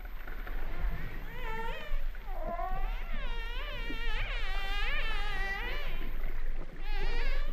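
Humpback whale song: a run of bending, wavering harmonic cries that rise and fall in quick succession, over a constant low rumble.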